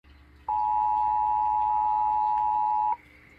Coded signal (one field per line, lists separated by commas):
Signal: Emergency Alert System (SAME) tones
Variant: 853 and 960 Hz attention tone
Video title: KVME 20.2 EAS Flash Flood Warning Mono County, CA 06/13/2024